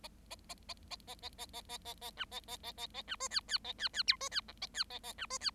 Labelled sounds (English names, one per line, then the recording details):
Bengalese Finch song
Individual Bird7